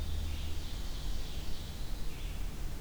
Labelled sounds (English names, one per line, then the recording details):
Ovenbird song
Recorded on 23 June 2016 at 07:18
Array SBT-6-76